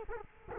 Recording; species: mosquito wingbeat signal from an infrared sensor; Culex quinquefasciatus